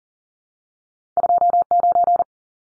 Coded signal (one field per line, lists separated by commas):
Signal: Morse code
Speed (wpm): 40 wpm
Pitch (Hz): 700 Hz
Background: none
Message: 29